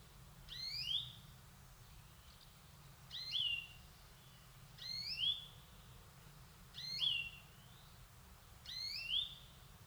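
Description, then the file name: European greenfinch calls: upswept wheezy double notes repeated about every two seconds, five times. "Chloris chloris"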